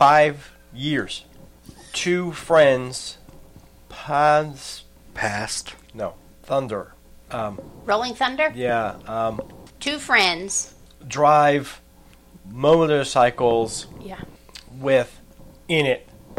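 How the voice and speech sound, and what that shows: Halting speech of an adult man in short, fragmented phrases, with long pauses and word-finding hesitations: aphasia after stroke or traumatic brain injury.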